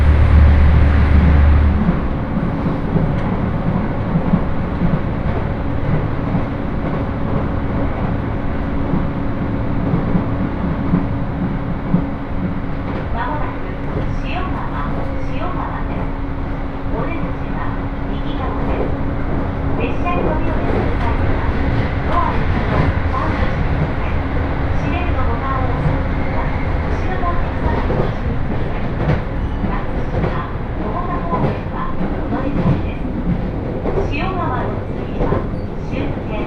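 A train ride on the Senseki-Tohoku Line rapid service, running from Takagimachi toward Sendai, with a steady low rumble of the moving carriage throughout. A faint hum holds underneath while scattered clicks and rattles pick up after about fifteen seconds. Voices murmur occasionally in the background.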